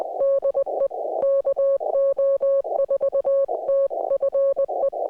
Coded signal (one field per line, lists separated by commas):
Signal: Morse code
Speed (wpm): 20 wpm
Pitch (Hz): 550 Hz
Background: music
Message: DE KO4TFE